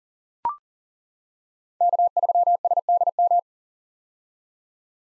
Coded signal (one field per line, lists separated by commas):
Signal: Morse code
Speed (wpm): 40 wpm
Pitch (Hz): 700 Hz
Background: none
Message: K3SDM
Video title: 2023 POTA Hunter Call Signs - 40wpm